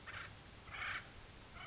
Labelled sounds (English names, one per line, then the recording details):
Acorn Woodpecker
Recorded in Sonoma County, California